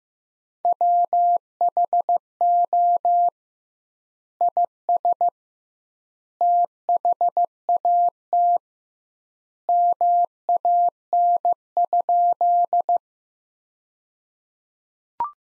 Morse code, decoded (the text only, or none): WHO IS THAT MAN?